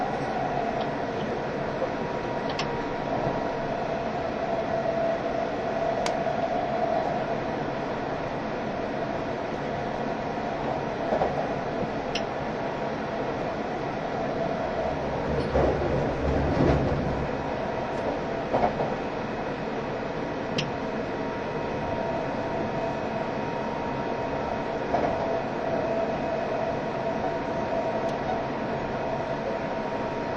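Onboard an E351 series Super Azusa train running between Hachioji and Shinjuku, a steady, dense rumble of wheels and motors holds throughout with a faint whine. Sharp clicks and clanks come every few seconds, and a heavier surge swells around the middle.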